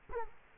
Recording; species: mosquito wingbeat signal from an infrared sensor; Culex quinquefasciatus